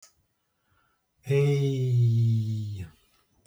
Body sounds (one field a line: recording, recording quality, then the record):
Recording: sustained vowel as in made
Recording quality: excellent, no background noise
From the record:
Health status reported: healthy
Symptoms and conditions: none ticked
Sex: male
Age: 56 years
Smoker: not ticked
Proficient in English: yes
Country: France